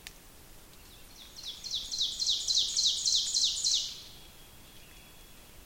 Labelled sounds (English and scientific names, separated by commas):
Ovenbird (Seiurus aurocapilla) song